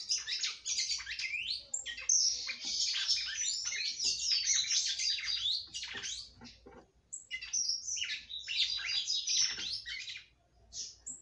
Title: Galo De Campina